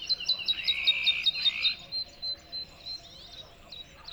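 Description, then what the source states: Bird singing a quick string of high clipped notes over a lower buzzy trill, then sparse scattered chirps as the song trails off. Song delivered from a tree in the Spanish dehesas.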